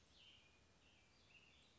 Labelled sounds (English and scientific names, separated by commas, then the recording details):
Cassin's Vireo (Vireo cassinii)
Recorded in Sonoma County, California